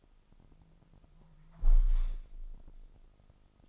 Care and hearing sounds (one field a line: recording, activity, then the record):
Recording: daily activity, microphone in the room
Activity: close window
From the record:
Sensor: 5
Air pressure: 1004.7 hPa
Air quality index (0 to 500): 81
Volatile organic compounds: 1 ppm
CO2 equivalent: 967 ppm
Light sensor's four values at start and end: 29/69/27/25 and 30/70/27/26